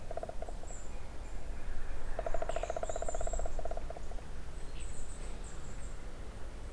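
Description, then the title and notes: Woodpecker drumming: a short burst of knocks, then a longer even roll of nearly two seconds with a resonant wooden ring, over high faint squeaks and low hum. On a dry spruce near wetlands at Hatě, Ústí, Czechia; recordist unsure whether a green woodpecker or another woodpecker. "Ústí, Czechia - datel na suchém smrku. žluna nebo datel na suchém smrku nedaleko mokřadů na Hatích"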